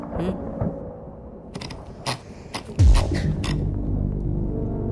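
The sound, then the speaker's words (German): A few sharp clicks and creaks, then a sudden deep roll of thunder from a thunderstorm breaks in midway and keeps rumbling low and steady to the end. “Aber weil es gewittert und ich mich fürchte, trinken wir ein.”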